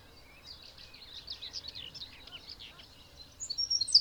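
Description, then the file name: Eurasian wren giving a rapid, dense jumble of high thin notes and trills, ending with a louder sharp high burst; faint outdoor background. "Troglodytes troglodytes"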